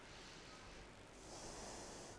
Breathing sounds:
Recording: one breath in and out by a microphone near the nose and mouth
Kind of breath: deep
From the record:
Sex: female

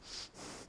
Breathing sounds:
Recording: one breath in and out by a microphone near the nose and mouth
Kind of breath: strong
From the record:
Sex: male

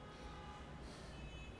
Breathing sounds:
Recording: one breath in and out by a microphone near the nose and mouth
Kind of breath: normal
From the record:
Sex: male

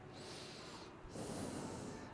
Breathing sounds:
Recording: one breath in and out by a microphone near the nose and mouth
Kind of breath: normal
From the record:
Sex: male

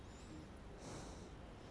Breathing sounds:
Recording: one breath in and out by a microphone near the nose and mouth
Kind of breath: normal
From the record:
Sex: male

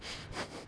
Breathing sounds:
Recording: one breath in and out by a microphone near the nose and mouth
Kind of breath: strong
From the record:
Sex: male

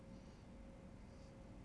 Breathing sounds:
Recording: one breath in and out by a microphone near the nose and mouth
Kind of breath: normal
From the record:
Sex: male

